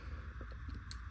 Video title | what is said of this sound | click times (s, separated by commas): Handyman tool bag setup! The best tools out there across multiple trades & types of work | So it locks in place. | 0.9 s